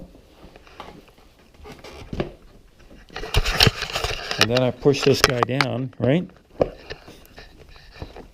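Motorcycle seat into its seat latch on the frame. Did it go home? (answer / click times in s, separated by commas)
no / none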